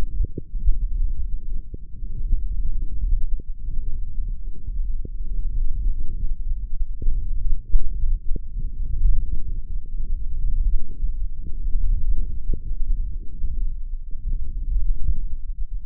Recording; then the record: forearm muscle sounds (acoustic myography)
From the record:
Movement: hand closing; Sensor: system 1, eight BSWA MPA416 microphones around the upper forearm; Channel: 5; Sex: male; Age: 18 years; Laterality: right